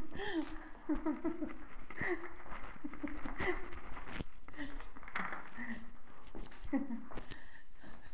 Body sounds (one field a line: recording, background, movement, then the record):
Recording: laughter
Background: quiet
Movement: walking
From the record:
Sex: female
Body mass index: 25.5 kg/m2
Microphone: on the chest, facing the body